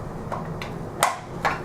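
A second PVC glazing bead, designed to clip over the top of a wall stud element, is pressed onto the stud. After faint ticks at about 0.3 and 0.6 seconds, two sharp snaps sound at 1.0 and 1.5 seconds as the bead clips over the stud and seats in place.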